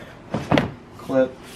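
A retaining clip is handled against its mount on a vehicle while someone talks, with a few short knocking and clattering transients around 0.3–0.6 s. Nothing has seated or clicked yet; the clip is not yet home.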